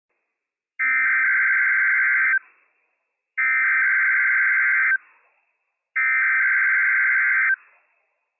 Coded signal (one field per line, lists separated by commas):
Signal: Emergency Alert System (SAME) tones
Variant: header bursts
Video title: NWS Pendleton RWT - WWF56 - EAS #234 - 10:11 AM PDT 5/11/22